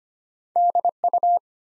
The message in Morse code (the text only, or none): DU